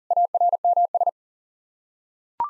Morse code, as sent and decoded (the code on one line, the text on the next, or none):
.- .-. -- ...
ARMS